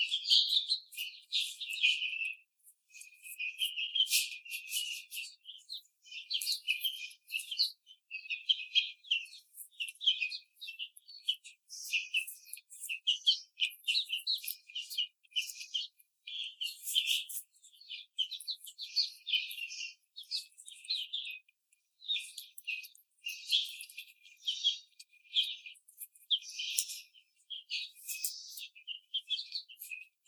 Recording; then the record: young laying hens in a cage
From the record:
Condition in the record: treatment cage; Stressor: simulated dog barking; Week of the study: 5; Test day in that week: 1